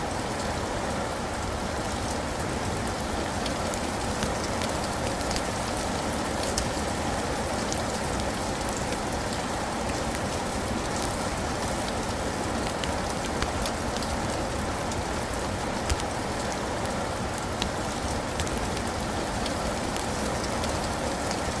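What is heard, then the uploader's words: Heavy rain drums steadily on a tent, a dense, unbroken patter that holds the same level throughout. Sharper individual drops tick and snap above the constant wash, scattered irregularly across the whole stretch, with a low rumbling undertone beneath. Heavy Rain on Tent.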